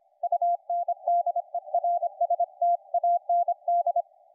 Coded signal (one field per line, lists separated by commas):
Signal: Morse code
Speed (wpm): 25 wpm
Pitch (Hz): 700 Hz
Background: none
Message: UNDERSTAND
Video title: HP15 laptop + SDRplay